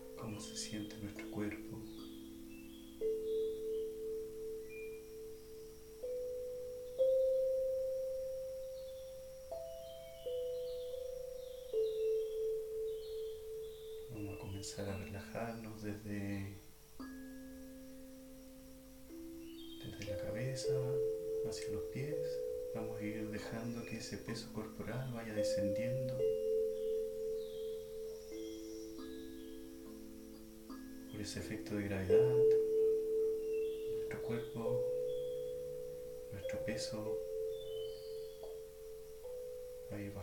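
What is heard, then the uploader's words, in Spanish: Singing bowls are struck again and again, their steady mid-pitched tones ringing and overlapping as new notes join every few seconds and older ones slowly fade. Short bursts of speech break in around the middle. Un viaje entre cuencos y sus armonicos.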